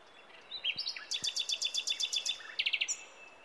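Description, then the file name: Common nightingale phrase opening with soft notes, then a steady series of about ten sharp repeated notes and a quicker closing trill of four notes. "Luscinia megarhynchos"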